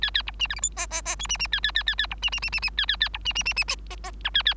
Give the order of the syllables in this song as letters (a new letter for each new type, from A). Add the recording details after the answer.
A A B C D E F G G G H C C A A A A A B C C C C C A A A B C C C C G G I A A. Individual Bird3